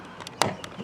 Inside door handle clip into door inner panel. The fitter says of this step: that's it pops right in